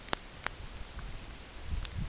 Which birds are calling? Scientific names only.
none